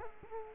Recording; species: mosquito wingbeat signal from an infrared sensor; Culex quinquefasciatus